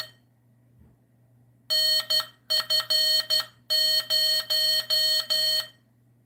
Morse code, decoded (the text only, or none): NF0